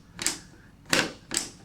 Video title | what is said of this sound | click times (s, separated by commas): How to install a 12 Port Cat5e/Cat6 wall-mount Patch Panel | you're gonna hear it snap when I push down on it | 0.9 s